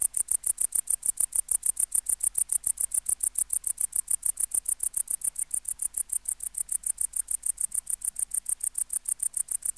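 Tettigonia hispanica bush-cricket producing a rapid, regular stream of high-pitched ticks, continuous for the whole stretch.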